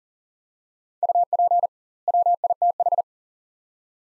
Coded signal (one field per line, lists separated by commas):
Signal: Morse code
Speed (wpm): 40 wpm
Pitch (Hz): 700 Hz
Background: none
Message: UP WITH